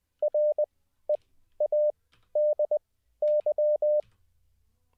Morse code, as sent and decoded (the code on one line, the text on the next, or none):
.-. . .- -.. -.--
READY